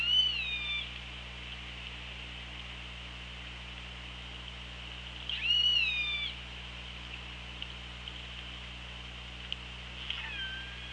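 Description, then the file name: Orca calls underwater: two loud harmonic calls about five seconds apart, then a faint downswept call near the end, over steady hiss and hum. Recorded on a hydrophone on 24 August 2017 at 15:57. "Orca Lab"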